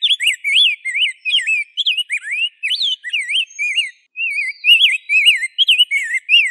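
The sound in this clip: Rose-breasted grosbeak song: a rich, warbled run of quick rising and falling whistled notes, given almost without pause, with a brief gap near the middle.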